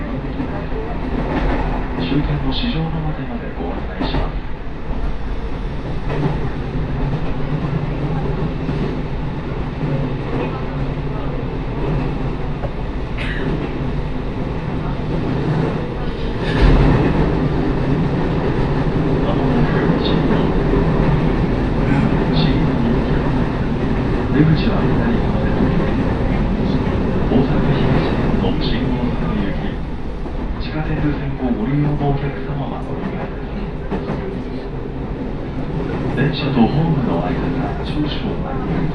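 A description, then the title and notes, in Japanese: Ride aboard an Osaka Loop Line train, a steady low rumble of wheels and motor with voices murmuring and occasional clacks and knocks. 耳で楽しむ鉄道旅 ＪＲ難波→新今宮→京橋→鴫野。大阪環状線の内回り電車に乗り換えて京橋に向かいます。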